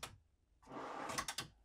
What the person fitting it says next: they're all locked